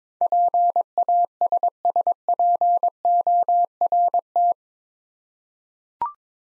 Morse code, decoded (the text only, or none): PASSPORT